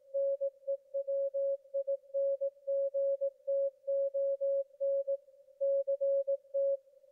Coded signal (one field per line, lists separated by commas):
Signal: Morse code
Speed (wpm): 18 wpm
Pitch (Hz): 550 Hz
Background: none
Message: NEWINGTON CT